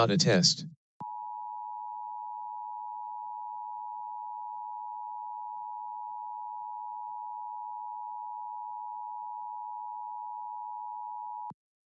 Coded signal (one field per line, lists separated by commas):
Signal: Emergency Alert System (SAME) tones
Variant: 853 and 960 Hz attention tone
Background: speech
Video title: LIVE AM/MW DX: DX Central Live - S. 3, Ep. 7 | Friday November 4, 2022 | MWFC: 1500-1550 kHz